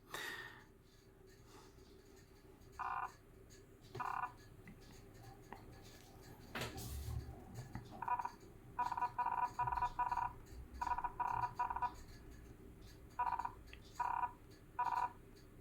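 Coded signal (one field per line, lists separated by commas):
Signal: Hellschreiber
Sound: short buzzy chattering tone bursts, pausing between typed characters and words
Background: low room hum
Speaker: as you can see, whatever you type is transmitted immediately. There is no break. But it is all in all comfortable to use and a fancy little gadget.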